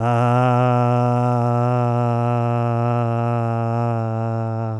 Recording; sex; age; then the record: sustained vowel /a/; male; 60 to 69 years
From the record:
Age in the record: 64 years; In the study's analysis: included